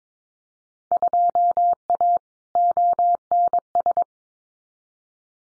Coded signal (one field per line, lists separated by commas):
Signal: Morse code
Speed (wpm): 22 wpm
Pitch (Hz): 700 Hz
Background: none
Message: 2A ONS